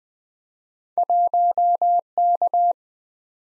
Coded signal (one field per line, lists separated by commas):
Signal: Morse code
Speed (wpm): 20 wpm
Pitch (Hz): 700 Hz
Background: none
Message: 1K